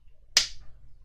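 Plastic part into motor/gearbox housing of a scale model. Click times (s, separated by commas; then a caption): 0.4 s. A plastic part is pressed back into the electric motor and gearbox housing of a scale model X-Wing after a first test run. A single sharp snap rings out at 0.4 s over a faint low hum, and the part clicks into place, seated.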